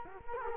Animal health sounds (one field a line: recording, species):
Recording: mosquito wingbeat signal from an infrared sensor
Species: Culex quinquefasciatus